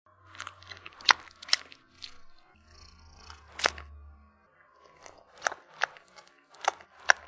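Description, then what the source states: Cat suckling: soft, irregular wet smacking clicks coming in short clusters, with brief pauses and a faint low hum between them. Male cat, suckling.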